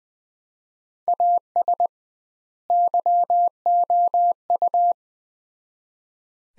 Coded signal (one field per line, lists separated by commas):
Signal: Morse code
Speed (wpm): 20 wpm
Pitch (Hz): 700 Hz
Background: none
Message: AS YOU